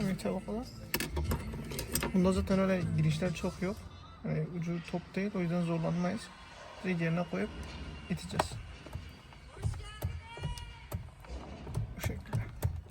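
Someone talks while a new plastic Honda Civic steering wheel logo emblem is set straight into its recess in the steering wheel hub cover and pushed in by hand, with light handling taps and knocks. The clip ends just before the emblem goes home, so nothing has seated or clicked yet.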